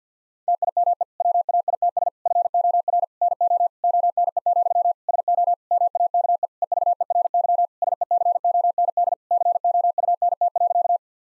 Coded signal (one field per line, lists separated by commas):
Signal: Morse code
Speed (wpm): 50 wpm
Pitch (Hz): 700 Hz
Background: none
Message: TIME WAITS FOR NO ONE, SO MAKE EVERY SECOND COUNT.